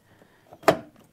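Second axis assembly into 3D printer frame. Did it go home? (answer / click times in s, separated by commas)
yes / 0.7 s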